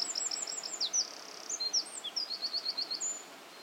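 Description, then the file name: Eurasian wren singing a high tumbling song of quick ticking notes, a short buzz and rapid even trills, continuing throughout. "Troglodytes troglodytes"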